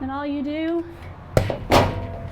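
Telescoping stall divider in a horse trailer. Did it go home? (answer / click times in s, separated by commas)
yes / 1.4 s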